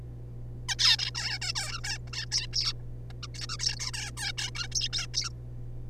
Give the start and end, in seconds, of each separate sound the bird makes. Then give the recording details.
0.68-0.76, 0.79-0.96, 0.99-1.10, 1.15-1.39, 1.41-1.52, 1.55-1.80, 1.84-1.98, 2.07-2.10, 2.13-2.25, 2.32-2.47, 2.53-2.73, 3.23-3.27, 3.35-3.46, 3.49-3.57, 3.59-3.79, 3.79-3.91, 3.93-4.11, 4.17-4.32, 4.38-4.50, 4.55-4.67, 4.71-4.74, 4.75-4.88, 4.93-5.07, 5.14-5.29. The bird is a juvenile. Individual R3549